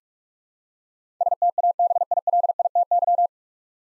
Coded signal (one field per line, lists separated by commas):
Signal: Morse code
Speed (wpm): 46 wpm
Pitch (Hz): 700 Hz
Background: none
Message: STABILITY